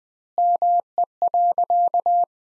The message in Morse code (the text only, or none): ME.